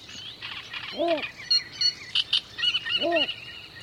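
Bittern uttering two arched, hooting notes two seconds apart amid a busy chorus of high chirping and twittering.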